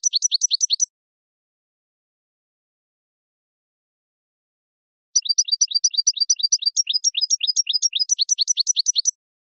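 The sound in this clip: Finch chirps: a fast run of high, sharp notes, a silence of about four seconds, then a long, busy stream of rapid, overlapping chirps.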